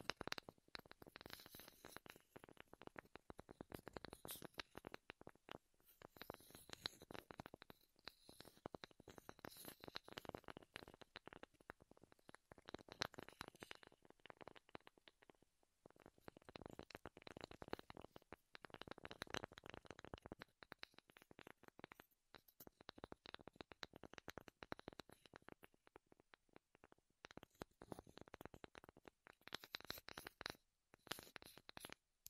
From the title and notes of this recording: ASMR Wood Triggers in Your Ears (No Talking).